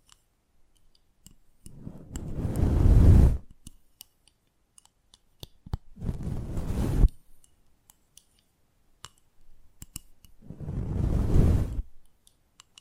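ASMR close-up mic treatment: three swelling bursts of rough, brushing friction, each lasting a second or two, arrive at roughly four-second intervals, heavy and rumbling underneath with a hissy top. Between them, small dry clicks and taps scatter irregularly over near silence.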